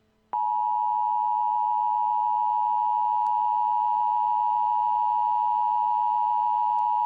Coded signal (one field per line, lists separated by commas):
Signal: Emergency Alert System (SAME) tones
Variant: 853 and 960 Hz attention tone